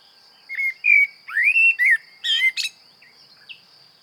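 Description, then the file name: Common blackbird song phrase: rich rising and falling whistles followed by a short strained high squeaky flourish, then quiet. "Turdus merula"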